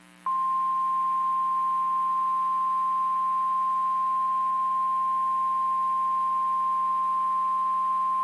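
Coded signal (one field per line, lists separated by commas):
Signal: Emergency Alert System (SAME) tones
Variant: 1050 Hz attention tone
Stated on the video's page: Severe thunderstorm warning from the NWS in Amarillo, received on a NOAA Weather Radio station.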